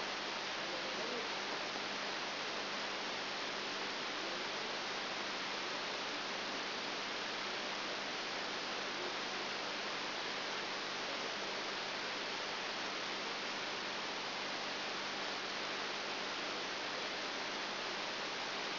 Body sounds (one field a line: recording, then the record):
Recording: brain microelectrode recording played as sound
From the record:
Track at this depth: outside the subthalamic nucleus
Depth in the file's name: 0.106 mm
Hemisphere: left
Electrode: 3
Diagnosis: Parkinson's disease